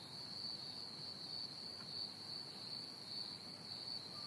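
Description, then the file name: Crickets giving a continuous high, shrill trill that holds steady without pause, with a faint bird note near the end. Crickets recorded together with a pied butcherbird. "pied butcherbird and crickets chirping"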